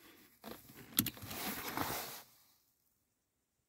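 A release button is pressed on a seat belt extender buckle, and the seat belt tongue pops out with a sharp click at 1.0 s, followed by a softer tick and a couple of seconds of rustling before the clip goes quiet. The belt tongue is released from the extender buckle.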